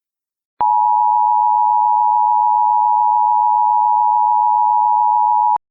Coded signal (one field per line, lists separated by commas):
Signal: Emergency Alert System (SAME) tones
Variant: 853 and 960 Hz attention tone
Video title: EAS Scenario: Absolutely Radioactive Part 2